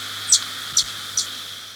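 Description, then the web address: Sparkling violetear giving three sharp, high-pitched chips about half a second apart, over a faint steady high hum. Recorded in Ecuador. "Natures Songs S America Birds of Ecuador. Sparkling Violetear"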